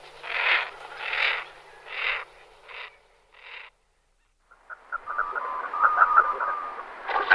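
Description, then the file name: Common merganser giving harsh, croaking calls in a run of several bursts, then a quiet pause followed by a rapid series of short notes. "morčák-velký"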